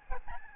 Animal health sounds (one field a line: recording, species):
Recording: mosquito wingbeat signal from an infrared sensor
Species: Aedes albopictus